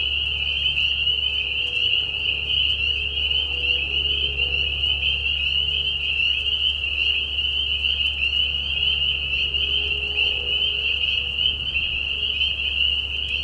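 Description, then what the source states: Spring peeper chorus of continuous high shrill peeps, accompanied by a steady low hum and faint mid-pitched tones. Mating call chorus of peepers in a marsh at night during a very short spring season, Tiny Marsh Conservation Area, Tiny, Ontario; high whistles at low volume.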